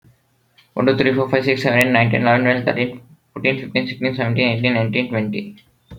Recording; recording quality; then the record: counting at a fast pace; excellent, no background noise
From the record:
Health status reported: exposed to COVID-19, no respiratory illness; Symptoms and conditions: sore throat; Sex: male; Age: 18 years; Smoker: not ticked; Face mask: not worn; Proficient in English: yes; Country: India